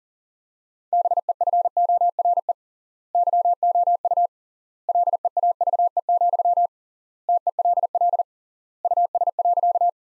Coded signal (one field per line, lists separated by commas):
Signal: Morse code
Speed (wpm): 38 wpm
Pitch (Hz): 700 Hz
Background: none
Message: BEFORE YOU LEAVE, TELL US.